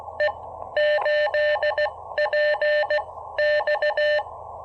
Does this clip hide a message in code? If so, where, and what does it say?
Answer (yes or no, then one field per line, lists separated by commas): yes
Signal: Morse code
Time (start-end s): 0.2-4.2 s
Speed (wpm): 18 wpm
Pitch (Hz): 600 Hz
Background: none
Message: E 8P X